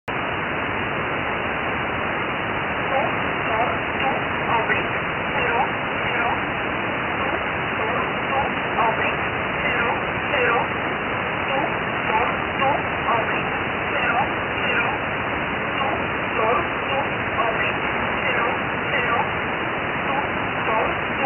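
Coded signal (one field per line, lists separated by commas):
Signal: numbers station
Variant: E11 Oblique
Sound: faint voice reading short evenly spaced words through heavy hissing shortwave static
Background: radio static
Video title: E11 Oblique 14/05/2023 1745 UTC 14410kHz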